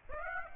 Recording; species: mosquito wingbeat signal from an infrared sensor; Aedes aegypti